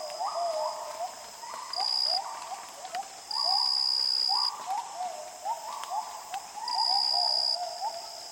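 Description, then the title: Gibbons calling in a series of rising whoops that overlap, against a constant high insect drone that swells in loud bursts. Gibbons at dawn in the jungles of Borneo, in a calm dawn chorus with insects and soft fog drip. "Borneo Rainforest - Dawn - Gibbons"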